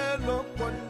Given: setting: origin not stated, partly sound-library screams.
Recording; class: one-second piece from a danger detection set; normal situation